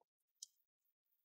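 On a Dell G3 15 (P89F001) laptop chassis, the plastic bottom cover is pushed upward and its clip pops free with a sharp, bright click at 0.4 s. Faint small rustles and handling noises surround it in an otherwise quiet clip, and the clip is released.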